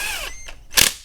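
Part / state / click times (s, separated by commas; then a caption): top nut on a rear shock absorber shaft / torque reached / 0.8 s. A power tool runs a top nut down onto the steel shaft of a rear shock absorber, its whine falling away over the first 0.3 seconds. A sharp click sounds at 0.8 s as the nut reaches torque.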